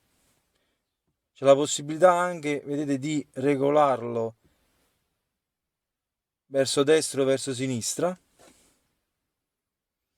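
A smartphone with a metal plate is handled near a magnetic air vent mount that can be angled right or left, but the phone has not yet snapped onto the mount and nothing has seated. A man talks from about 1.4 to 4.3 seconds and again from 6.5 to 8.2 seconds, with silence in between and at the end.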